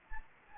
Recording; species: mosquito wingbeat signal from an infrared sensor; Anopheles gambiae